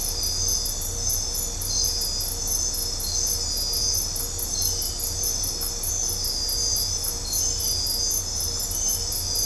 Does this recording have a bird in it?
no